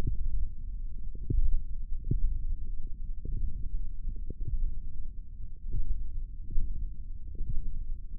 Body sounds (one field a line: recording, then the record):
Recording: forearm muscle sounds (acoustic myography)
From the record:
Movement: index flexion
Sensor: system 1, eight BSWA MPA416 microphones around the upper forearm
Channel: 5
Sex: female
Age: 22 years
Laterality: right